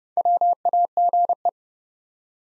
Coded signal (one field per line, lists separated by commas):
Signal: Morse code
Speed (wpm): 29 wpm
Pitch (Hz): 700 Hz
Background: none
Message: WAGE